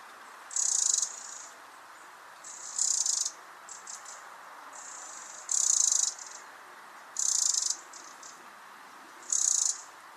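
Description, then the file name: Eurasian wren call, a high, harsh rattle of rapid clicks given in short bursts about every two seconds, five loud bursts with fainter ones between, over a constant background hiss. "Troglodytes troglodytes"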